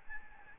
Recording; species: mosquito wingbeat signal from an infrared sensor; Aedes albopictus